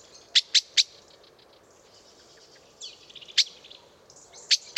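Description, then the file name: Common blackbird giving scattered sharp chink calls between soft, high twittering notes. "Turdus merula"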